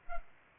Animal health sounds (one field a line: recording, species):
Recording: mosquito wingbeat signal from an infrared sensor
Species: Culex pipiens